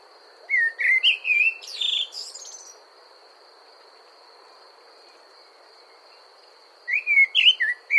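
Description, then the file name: Common blackbird song: a mellow warbled phrase ending in squeaky high twitters, then a pause and a second fluted phrase, with a constant high-pitched drone behind. "Turdus merula"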